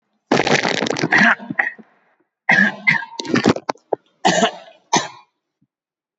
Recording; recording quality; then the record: heavy voluntary cough; moderate, slight background noise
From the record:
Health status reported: COVID-19 positive, mild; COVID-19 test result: positive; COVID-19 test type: RT-PCR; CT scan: not taken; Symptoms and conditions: cough, fever, muscle pain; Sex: male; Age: 83 years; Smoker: no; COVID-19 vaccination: both doses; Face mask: not worn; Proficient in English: yes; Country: India